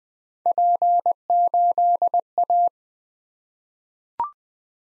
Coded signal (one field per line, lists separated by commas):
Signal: Morse code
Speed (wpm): 20 wpm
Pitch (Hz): 700 Hz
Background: none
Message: P8A